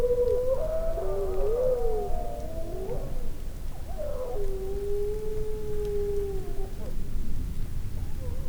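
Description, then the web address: Grey wolf: grey wolves howling, several long wavering tones overlapping, sliding up and down, then a single steady drawn-out howl, over a deep constant rumble. Adult wolves, Vercors, 2004, 28–29 June; various calls. "Le-loup Docs Florac-28-29-juin cris divers loup loup vercors 2004 adultes"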